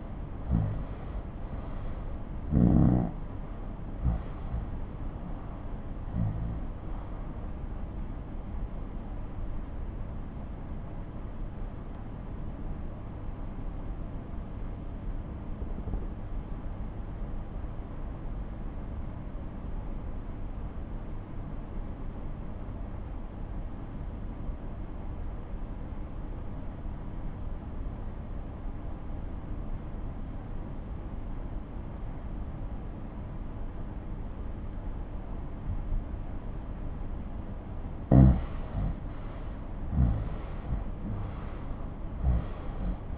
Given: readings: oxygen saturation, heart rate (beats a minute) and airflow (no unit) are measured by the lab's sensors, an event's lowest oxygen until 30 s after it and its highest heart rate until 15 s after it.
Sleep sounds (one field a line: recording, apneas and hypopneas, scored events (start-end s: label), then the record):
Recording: breathing in sleep by a smartphone at the bedside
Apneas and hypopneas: 1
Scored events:
4.00-36.90 s: obstructive apnea (N1, oxygen 96% highest, then 86% lowest)
27.00-43.18 s: new sleep stage, N2 (light sleep)
From the record:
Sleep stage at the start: N1 (lightest sleep)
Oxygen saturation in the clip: 88 to 96%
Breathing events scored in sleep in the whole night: 217 in 6.3 hours asleep